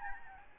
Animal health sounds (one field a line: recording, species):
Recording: mosquito wingbeat signal from an infrared sensor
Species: Aedes albopictus